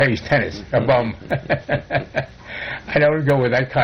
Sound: laughter